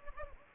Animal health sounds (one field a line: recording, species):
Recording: mosquito wingbeat signal from an infrared sensor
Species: Anopheles gambiae